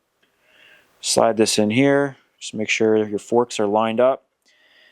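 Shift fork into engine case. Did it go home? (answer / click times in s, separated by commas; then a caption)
no / none. The last metal shift fork is slid in and lined up with the other forks, ready to be pressed into the engine case, while someone talks. A faint tick sounds at 0.2 s, but the fork has not popped into the case yet and nothing has seated.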